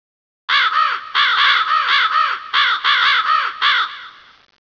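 Bird giving a rapid series of many harsh, arched, cawing calls in quick bursts, the last ones trailing off into silence.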